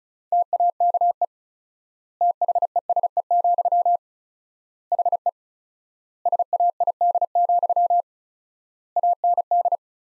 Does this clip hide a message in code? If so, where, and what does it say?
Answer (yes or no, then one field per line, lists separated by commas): yes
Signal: Morse code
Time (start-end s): 0.3-9.8 s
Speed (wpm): 36 wpm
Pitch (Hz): 700 Hz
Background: none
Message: TAKE THESE, HE SAID, AND